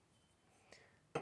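After a PIN unlock, a steel armature plate is brought back to an electromagnetic door maglock and snaps shut onto the magnet with a sharp, loud click at 1.2 s, following a faint tick around 0.7 s. The plate is seated and the door is locked again.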